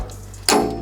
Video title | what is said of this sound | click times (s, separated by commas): Level or Topdress Your Lawn With Ease - Earth and Turf 410SP Review | so you can lock that into place make your adjustment | 0.5 s